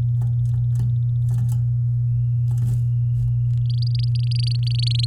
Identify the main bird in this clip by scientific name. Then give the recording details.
Serinus canaria. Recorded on 8 May 2018 at 19:43. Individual llb16